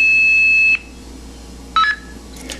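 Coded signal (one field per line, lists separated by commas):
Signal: beep code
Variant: Esquire blue box replica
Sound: long steady high tone, a pause, then a quick low-to-high two-note beep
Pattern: 2 short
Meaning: Confirms the change to playback mode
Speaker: and that low to high beep confirms the change to playback mode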